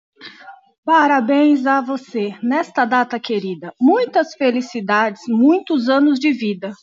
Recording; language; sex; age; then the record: short text; Brazilian Portuguese; female; 30 to 39 years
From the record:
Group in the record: control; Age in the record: 37 years